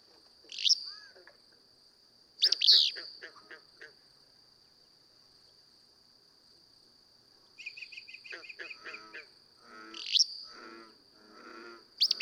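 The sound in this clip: Willow flycatcher giving several abrupt, sneezy song bursts separated by pauses, with a steady high insect tone and other birds twittering.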